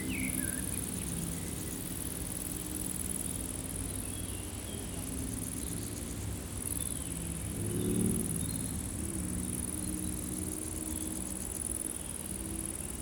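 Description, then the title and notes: Insects: steady high stridulation, a brief bird call near the start, and a low engine drone that swells briefly after the middle. Insects stridulating in a dry meadow on a hot day; wind rustling foliage, birds singing from surrounding woods, motorbike noise from the RD991 road; Chindrieux, France. "348-862 Rue de Vars, 73310 Chindrieux, France - Prairie stridulante. Par une chaude journée , les insectes stridulent dans une prairie sèche, le vent fait frémir les feuillages, quelques oiseaux des bois environnants chantent , tandis que la RD991 envoie ses ronronnements de motos plus ou moins agressifs "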